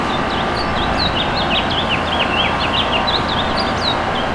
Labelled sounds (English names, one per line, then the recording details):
House Finch song
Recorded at West Islip on Long Island, New York, on 18 May 2013
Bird M